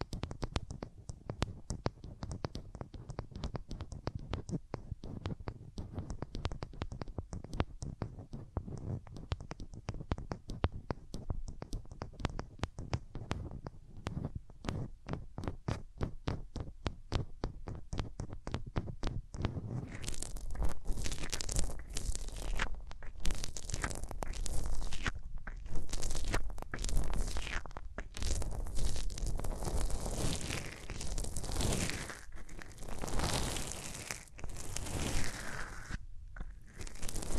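Hands rubbing over ears, first as a rapid run of short, crisp scratchy strokes, fairly regular, for about twenty seconds. Around the twentieth second the sound turns denser and brighter, a steady rough rubbing and crunching with brief pauses. No talking.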